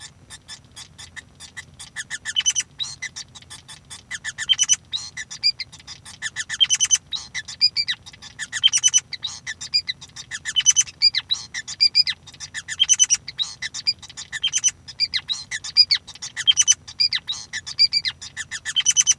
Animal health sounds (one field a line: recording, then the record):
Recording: song of a male Bengalese finch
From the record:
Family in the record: son of father 5